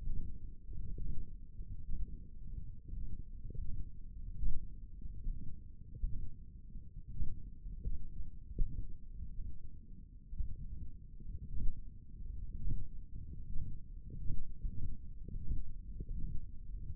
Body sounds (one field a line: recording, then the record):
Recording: forearm muscle sounds (acoustic myography)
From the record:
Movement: ulnar deviation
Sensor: system 1, eight BSWA MPA416 microphones around the upper forearm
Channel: 1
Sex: male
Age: 21 years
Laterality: right